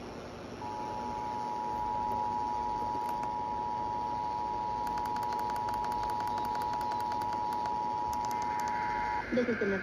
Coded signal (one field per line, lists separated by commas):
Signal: Emergency Alert System (SAME) tones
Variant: 853 and 960 Hz attention tone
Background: speech